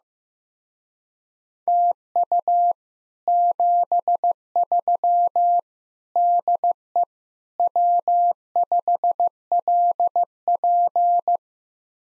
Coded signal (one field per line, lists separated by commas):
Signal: Morse code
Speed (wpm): 15 wpm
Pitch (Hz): 700 Hz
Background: none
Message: TU 73 DE W5LP